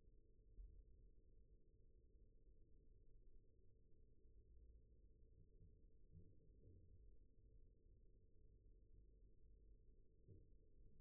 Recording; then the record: forearm muscle sounds (acoustic myography)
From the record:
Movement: rest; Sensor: system 1, eight BSWA MPA416 microphones around the upper forearm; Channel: 4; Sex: male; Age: 41 years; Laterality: right